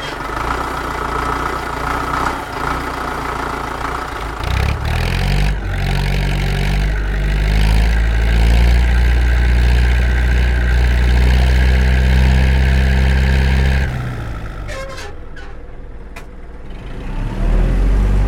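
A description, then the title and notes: A diesel engine growls steadily, its deep rumble swelling and thickening from about five seconds as it revs and strains. Near fourteen seconds the throttle drops back to a lower, rougher idle, with a few sharp clicks and knocks on top. Comrade Tractor is a 5-channel recording of a Universal 650M tractor, designed in Soviet era Romania and virtually unchanged since the 1960s. Powered by a 4.8 liter Diesel engine, this beast hadn't been started since 2004. It doesn't go too fast but it growls like a tank.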